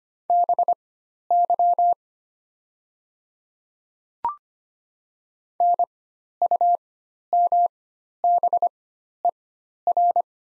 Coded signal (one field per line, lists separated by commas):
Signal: Morse code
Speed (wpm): 25 wpm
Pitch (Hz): 700 Hz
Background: none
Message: BY NUMBER